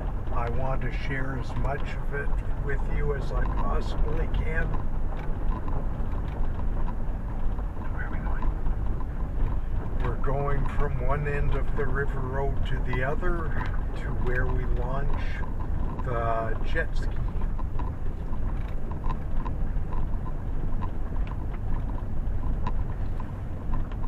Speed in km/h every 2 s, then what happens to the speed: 15, 15, 14, 14, 17, 18, 17, 15, 19, 20, 19, 20.
0-24 steady at about 17.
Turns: none.